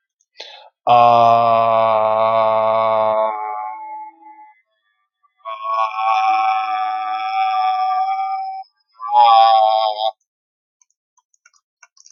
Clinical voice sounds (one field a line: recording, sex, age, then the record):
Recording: vowel held as long as possible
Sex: male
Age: 40 to 49 years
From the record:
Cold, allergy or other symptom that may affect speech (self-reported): no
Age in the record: 44 years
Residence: Florida, United States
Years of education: 16